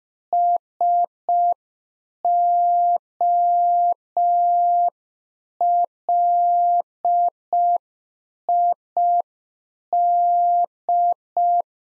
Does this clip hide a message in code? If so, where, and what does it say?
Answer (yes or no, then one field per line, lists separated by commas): yes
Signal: Morse code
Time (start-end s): 0.3-11.6 s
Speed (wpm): 5 wpm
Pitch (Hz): 700 Hz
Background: none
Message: SOLID